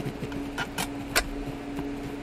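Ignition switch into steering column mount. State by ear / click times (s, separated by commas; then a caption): partly seated / 1.2 s. A replacement ignition switch on a 1990 Mazda B2600 is pushed into its mount on the steering column and lined up, with brief rattles over a steady low hum. It pops in with a sharp click at 1.2 s, followed by a softer tick at 1.8 s, but the switch comes back out and does not stay seated.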